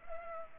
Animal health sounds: mosquito wingbeat signal from an infrared sensor; Culex pipiens

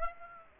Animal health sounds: mosquito wingbeat signal from an infrared sensor; Aedes aegypti

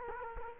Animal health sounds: mosquito wingbeat signal from an infrared sensor; Culex quinquefasciatus

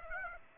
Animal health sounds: mosquito wingbeat signal from an infrared sensor; Aedes aegypti

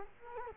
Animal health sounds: mosquito wingbeat signal from an infrared sensor; Culex quinquefasciatus

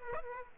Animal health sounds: mosquito wingbeat signal from an infrared sensor; Aedes aegypti

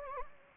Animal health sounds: mosquito wingbeat signal from an infrared sensor; Anopheles gambiae

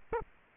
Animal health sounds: mosquito wingbeat signal from an infrared sensor; Aedes aegypti

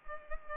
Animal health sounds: mosquito wingbeat signal from an infrared sensor; Culex pipiens

